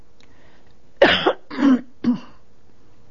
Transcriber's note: she coughs